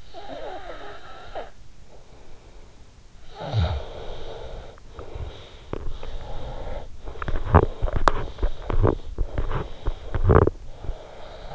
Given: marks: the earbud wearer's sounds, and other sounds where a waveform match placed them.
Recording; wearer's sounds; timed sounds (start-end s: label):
sounds in sleep by an in-ear microphone; snoring breath, breath, teeth grinding
0.00-2.94 s: snoring breath
3.11-5.71 s: snoring breath
5.71-11.55 s: breath
7.20-10.65 s: teeth grinding